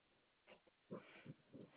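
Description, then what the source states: Koala grunting: a short series of low, rough, pulsed grunts in quick succession, over faint steady background hiss. Call survey recording made on 21 May 2021.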